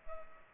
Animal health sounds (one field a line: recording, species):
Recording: mosquito wingbeat signal from an infrared sensor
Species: Culex pipiens